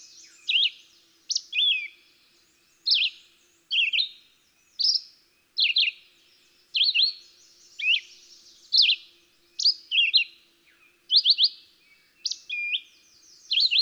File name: Red-eyed Vireo